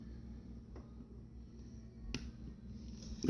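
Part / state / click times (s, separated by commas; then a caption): metal internal part into pistol frame / seated / 2.1 s, 3.2 s. A metal internal part is pressed into the frame of a Glock 22 pistol during reassembly, over a low steady hum with a faint tap near 0.8 s. Sharp metallic clicks ring out at 2.1 s and 3.2 s as the part seats in place.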